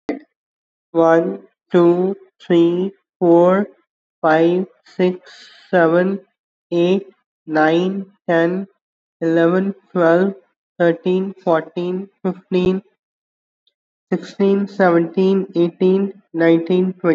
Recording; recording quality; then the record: counting at a normal pace; excellent, no background noise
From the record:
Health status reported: COVID-19 positive, mild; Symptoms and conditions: sore throat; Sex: male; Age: 28 years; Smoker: not ticked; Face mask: not worn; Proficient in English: yes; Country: India